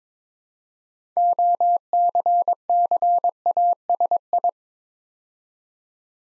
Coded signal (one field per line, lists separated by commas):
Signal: Morse code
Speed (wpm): 22 wpm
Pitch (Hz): 700 Hz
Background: none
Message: OCCASI